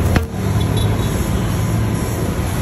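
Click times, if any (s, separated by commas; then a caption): 0.2 s. A new Pirelli Diablo motorcycle tire, the same size as the old one, is inflated on its rim over a steady low mechanical hum. At 0.2 s the rubber bead snaps onto the rim seat with a single sharp pop, and the tire is seated.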